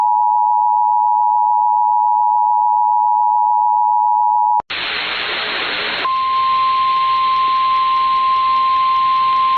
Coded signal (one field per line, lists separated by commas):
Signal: Emergency Alert System (SAME) tones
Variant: 853 and 960 Hz attention tone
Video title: Emergency alert system (The Mason Network!)